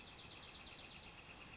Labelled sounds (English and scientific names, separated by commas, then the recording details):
Northern Flicker (Colaptes auratus)
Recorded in Sonoma County, California